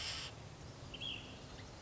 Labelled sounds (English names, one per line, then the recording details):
Ash-throated Flycatcher
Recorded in Sonoma County, California